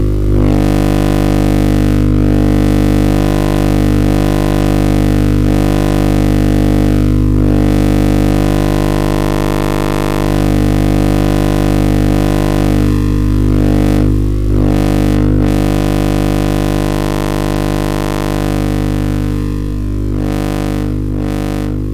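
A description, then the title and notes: Dense oscillator drone built from stacked steady tones, loudest in the low and middle range, with a fizzy, noisy upper layer. Brief dips and shifts in texture break it up every few seconds, clustering around 13–15 and 20–22 seconds. Micro-timbres: oscillator x/y stochastic modulated by lossy integrators.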